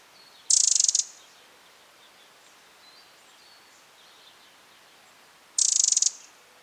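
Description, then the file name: Eurasian wren with two short harsh rattles about five seconds apart, each a fast run of scratchy ticks, with faint soft background sounds between. "Troglodytes troglodytes"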